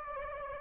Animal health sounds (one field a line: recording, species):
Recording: mosquito wingbeat signal from an infrared sensor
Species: Aedes aegypti